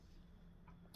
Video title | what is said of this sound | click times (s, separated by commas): Assembling Minelab Gold Monster 1000 by a complete novice | nice click twist to lock | 0.9 s